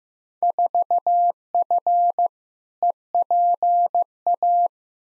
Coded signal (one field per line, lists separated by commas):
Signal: Morse code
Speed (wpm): 15 wpm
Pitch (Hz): 700 Hz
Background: none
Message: 4F EPA